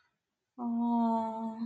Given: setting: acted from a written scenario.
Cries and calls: vocal sound without words; sympathy

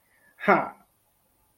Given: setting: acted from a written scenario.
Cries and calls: vocal sound without words; triumph

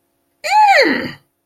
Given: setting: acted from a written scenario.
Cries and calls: vocal sound without words; anger

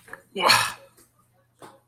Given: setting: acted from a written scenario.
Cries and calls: vocal sound without words; anger

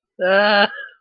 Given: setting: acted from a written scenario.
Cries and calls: vocal sound without words; amusement

